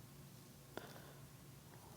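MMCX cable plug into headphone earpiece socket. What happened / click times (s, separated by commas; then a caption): The small connector is handled but not yet seated / none. An MMCX cable plug is handled at the earpiece socket of a pair of Koss Porta Pro headphones being upgraded with detachable cables. Over a low steady hiss there is a small sharp tick at about 0.8 s and a louder brief bump right at the end, around 2.0 s. Nothing has seated or clicked into the socket yet.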